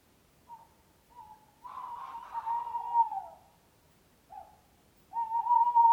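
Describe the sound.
Owl calls, a few short soft hoots, then a longer rough, quavering note, followed by a brief hoot and a steady whistled call.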